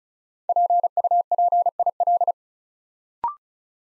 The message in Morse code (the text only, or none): PUPIL